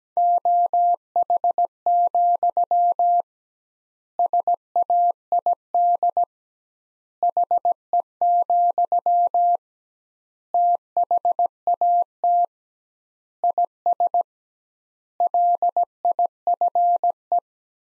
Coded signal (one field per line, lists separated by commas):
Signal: Morse code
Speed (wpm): 17 wpm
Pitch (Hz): 700 Hz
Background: none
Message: OH, SAID HE, THAT IS LIFE